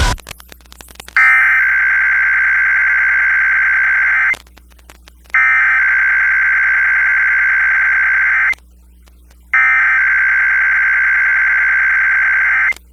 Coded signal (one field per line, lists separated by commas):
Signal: Emergency Alert System (SAME) tones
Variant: header bursts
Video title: IPAWS Weekly Test (3/28/22)(EAS 1140)